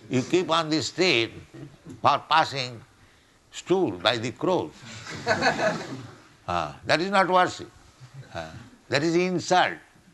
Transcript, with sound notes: You keep on the street for passing stool by the crows. [laughter] That is not worship. That is insult.